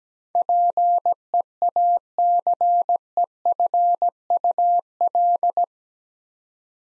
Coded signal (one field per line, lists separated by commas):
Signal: Morse code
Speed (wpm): 17 wpm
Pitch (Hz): 700 Hz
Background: none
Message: PEACEFUL